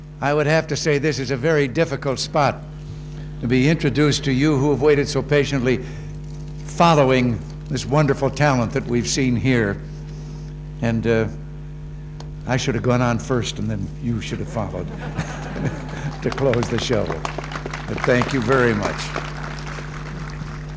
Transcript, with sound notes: I would have to say this is a very difficult spot—to be introduced to you who have waited so patiently—following this wonderful talent that we've seen here. And I should have gone on first, and then you should have followed— [laughter] —to close the show. But thank you very much.